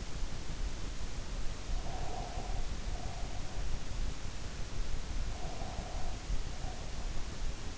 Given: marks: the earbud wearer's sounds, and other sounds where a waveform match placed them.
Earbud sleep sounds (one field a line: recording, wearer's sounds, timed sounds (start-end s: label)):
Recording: sounds in sleep by an in-ear microphone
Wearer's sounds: breath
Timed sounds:
1.57-3.70 s: breath
5.32-7.13 s: breath